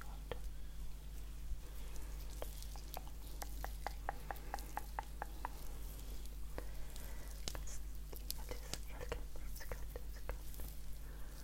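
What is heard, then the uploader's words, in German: A face massage with a steady low hum and hiss underneath, dotted with soft crackling taps and clicks, regular around four to six seconds. Face massage (skincare, personal attention).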